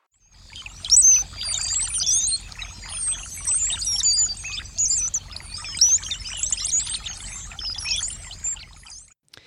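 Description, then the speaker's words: Brown-headed cowbird song, a dense jumble of high squeaky whistles and sharp liquid notes, continuous for about nine seconds, with a faint low hum beneath. Stocky blackbird; females build no nests, laying eggs, sometimes over 36 a summer, in other birds' nests; played as a mystery sound. "was a song of the brown-headed cowbird."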